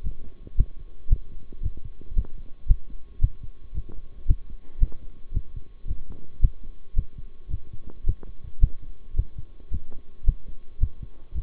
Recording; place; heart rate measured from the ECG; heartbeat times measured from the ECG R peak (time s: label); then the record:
heart sounds by stethoscope; between the tricuspid and mitral areas; 111 bpm
0.04 s: heartbeat
0.57 s: heartbeat
1.10 s: heartbeat
1.63 s: heartbeat
2.16 s: heartbeat
2.68 s: heartbeat
3.21 s: heartbeat
3.74 s: heartbeat
4.28 s: heartbeat
4.80 s: heartbeat
5.34 s: heartbeat
5.88 s: heartbeat
6.42 s: heartbeat
6.96 s: heartbeat
7.50 s: heartbeat
8.06 s: heartbeat
8.61 s: heartbeat
9.16 s: heartbeat
9.71 s: heartbeat
10.26 s: heartbeat
10.80 s: heartbeat
11.35 s: heartbeat
From the record:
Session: bicycle stress test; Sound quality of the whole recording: good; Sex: male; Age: 23 years